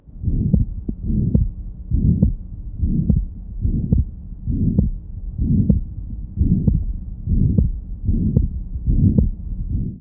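Regular heartbeats at about 73 beats a minute are heard through a stethoscope over an adult heart, each with a sharp click. A continuous low whooshing sound fills much of each cycle between the beats. This is an abnormal heart sound.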